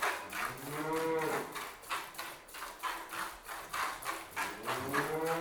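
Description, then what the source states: Cow mooing with a low, drawn-out call that rises then falls, over rapid rhythmic squirting of milk into a pail, with another moo starting at the end. Cow being hand milked.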